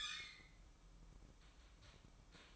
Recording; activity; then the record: daily activity, microphone in the room; open fridge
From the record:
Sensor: 1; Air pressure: 1007.9 hPa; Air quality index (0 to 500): 96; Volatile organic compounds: 1 ppm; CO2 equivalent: 816 ppm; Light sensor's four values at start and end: 13/31/13/14 and 13/31/13/14